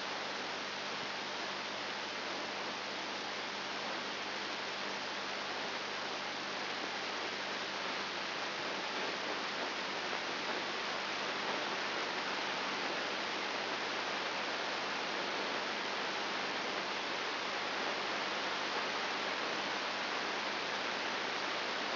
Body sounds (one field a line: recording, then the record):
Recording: brain microelectrode recording played as sound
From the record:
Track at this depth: inside the subthalamic nucleus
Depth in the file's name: 4.301 mm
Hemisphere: left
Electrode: 2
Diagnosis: Parkinson's disease